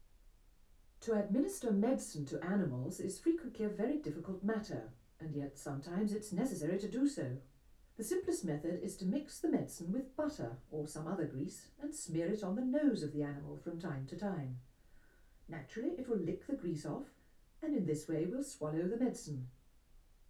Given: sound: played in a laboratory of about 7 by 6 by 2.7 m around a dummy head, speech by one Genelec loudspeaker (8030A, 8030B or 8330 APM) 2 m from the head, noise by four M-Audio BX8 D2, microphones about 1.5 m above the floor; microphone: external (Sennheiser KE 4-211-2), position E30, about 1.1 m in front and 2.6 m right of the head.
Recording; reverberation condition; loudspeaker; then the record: female speech in English; low; 150 degrees to the right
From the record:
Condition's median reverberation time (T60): about 310 ms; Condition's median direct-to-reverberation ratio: about 3.5 dB